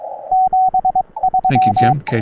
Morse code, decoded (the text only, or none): 73